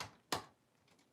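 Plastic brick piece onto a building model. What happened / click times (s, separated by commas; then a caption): One side of the plastic piece snapped in, the other did not / 0.3 s. A plastic LEGO piece is pressed onto a building model, giving a sharp snap at 0.3 s after a fainter tick at the very start. Only one side snaps in; the other does not because a retaining feature is missing, so the piece is only partly seated.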